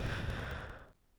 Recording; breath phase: one breath near a microphone; exhalation